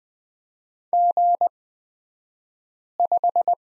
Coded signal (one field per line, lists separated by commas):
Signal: Morse code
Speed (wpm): 20 wpm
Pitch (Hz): 700 Hz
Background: none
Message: G5